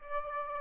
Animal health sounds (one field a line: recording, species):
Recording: mosquito wingbeat signal from an infrared sensor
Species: Aedes albopictus